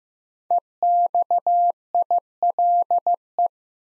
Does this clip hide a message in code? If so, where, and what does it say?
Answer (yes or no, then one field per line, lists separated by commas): yes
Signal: Morse code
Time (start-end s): 0.5-3.5 s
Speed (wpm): 15 wpm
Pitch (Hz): 700 Hz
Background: none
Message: EXILE